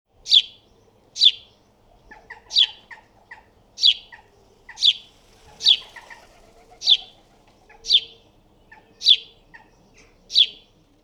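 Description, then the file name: House sparrow chirping: loud, sharp chirps repeated about once a second, with softer chips between them and a faint low hum underneath. "Passer domesticus"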